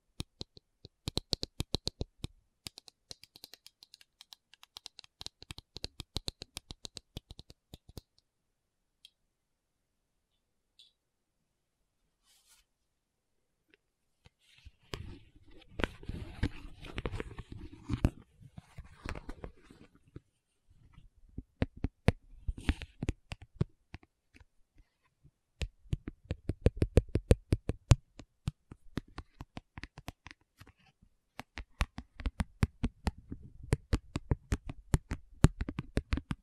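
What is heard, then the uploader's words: Dry tapping: quick clusters of sharp taps and light scratching, some bright and clicky, others duller and knocking. The sound is dense for the first eight seconds, drops to near silence, then returns fuller with deeper thuds from fifteen seconds onward. ASMR 1 Hour Tapping Session (No Talking).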